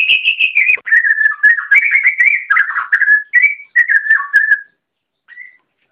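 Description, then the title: Oriental magpie-robin singing a rich, fluid whistled warble with quick slurred notes, ending in a short pause and one final whistle. "Kicau Kacer"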